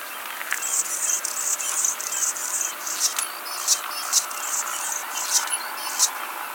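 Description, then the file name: Anna's hummingbird giving high, scratchy, buzzy phrases with sharp ticking notes, over steady background hiss. "Calypte anna - Anna's Hummingbird"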